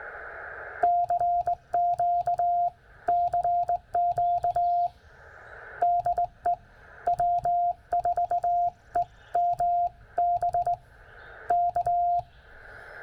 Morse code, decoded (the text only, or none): CQ CQ DE W4EMB K